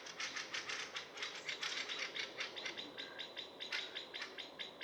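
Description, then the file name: Common blackbird giving rapid harsh clicking notes in a rattling series. "Turdus merula"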